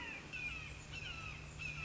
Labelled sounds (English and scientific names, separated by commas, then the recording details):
Red-shouldered Hawk (Buteo lineatus)
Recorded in Sonoma County, California